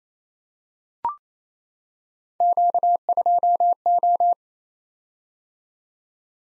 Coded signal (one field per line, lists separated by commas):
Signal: Morse code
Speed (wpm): 27 wpm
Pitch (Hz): 700 Hz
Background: none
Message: Q2O